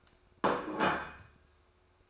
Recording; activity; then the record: daily activity, microphone in the room; place plate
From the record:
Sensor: 2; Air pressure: 1004.2 hPa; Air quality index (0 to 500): 188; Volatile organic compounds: 10 ppm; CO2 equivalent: 2259 ppm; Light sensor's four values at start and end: 4/10/3/4 and 4/10/3/4